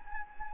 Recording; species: mosquito wingbeat signal from an infrared sensor; Anopheles gambiae